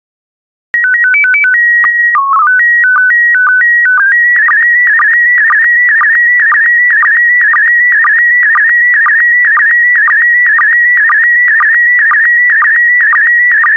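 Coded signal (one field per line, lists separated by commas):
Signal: SSTV (slow-scan television)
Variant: PD 120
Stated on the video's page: PD120 SSTV images, part of daily decoding practice.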